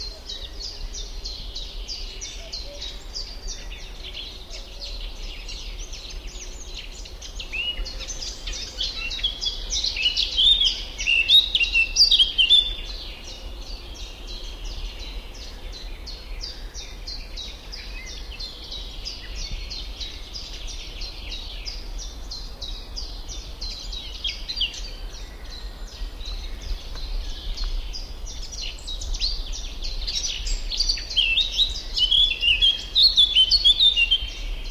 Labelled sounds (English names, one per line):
Eurasian Blackcap song